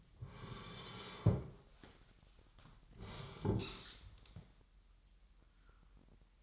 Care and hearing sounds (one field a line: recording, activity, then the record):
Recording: daily activity, microphone in the room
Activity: sit down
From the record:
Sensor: 3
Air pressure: 998.5 hPa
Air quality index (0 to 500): 127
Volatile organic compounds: 3 ppm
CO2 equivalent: 1525 ppm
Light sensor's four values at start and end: 8/17/7/8 and 7/17/7/8